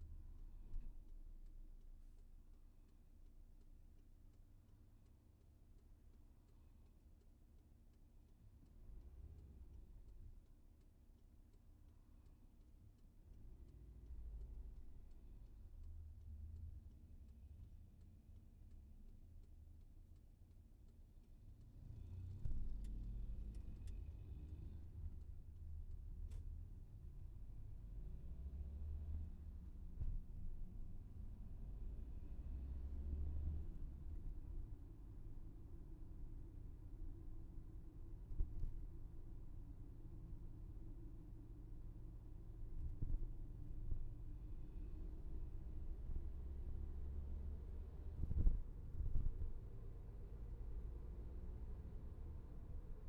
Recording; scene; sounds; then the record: everyday scene through a hearing-aid microphone; in a vehicle; engine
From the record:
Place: VW T5 Caravelle, diesel engine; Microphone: behind the ear, left, front